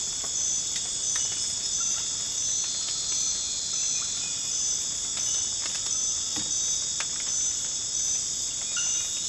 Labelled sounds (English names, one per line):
none